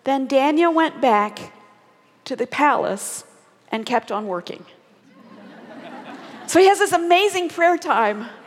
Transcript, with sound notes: “Then Daniel went back to the palace and kept on working.” (laughter.) So he has this amazing prayer time,